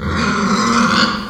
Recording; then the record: squeal of a Yucatan mini pig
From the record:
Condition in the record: after surgery on the right vocal fold (resection and tissue-engineered implant); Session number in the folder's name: 16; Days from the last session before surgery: 183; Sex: female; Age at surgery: 19 weeks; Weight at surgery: 25 kg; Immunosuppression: prednisolone